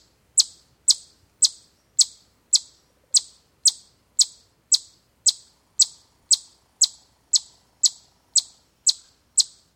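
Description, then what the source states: Chipmunk alarm call: sharp, very high chips repeated steadily about twice a second, eighteen in ten seconds, with no other sounds. Alarm call given in response to a terrestrial predator.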